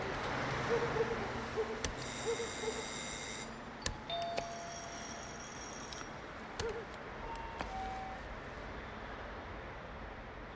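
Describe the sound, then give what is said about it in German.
A doorbell rings twice, each time a long, steady electronic buzz, with a short pause between, over a constant background hiss with faint scattered clicks. “Na, klingeln Sie irgendwo.”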